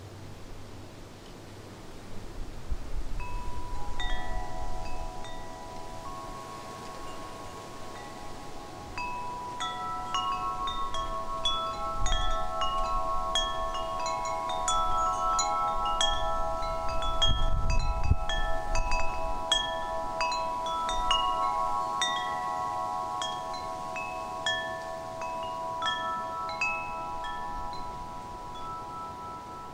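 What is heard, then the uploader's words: Wind chimes ring in a gentle, irregular melody, starting quietly and building after about three seconds into overlapping, sustained bright tones that hang and fade. Strikes come scattered every second or so. Low wind rumble gusts underneath, strongest around twelve and eighteen seconds. Relaxing Wind Chime Sounds. They create a gentle melody when touched by the wind.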